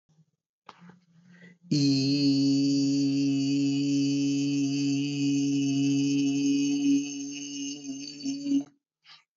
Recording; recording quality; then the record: sustained vowel as in beet; moderate, slight background noise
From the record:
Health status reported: healthy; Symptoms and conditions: diabetes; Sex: male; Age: 39 years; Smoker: yes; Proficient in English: yes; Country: India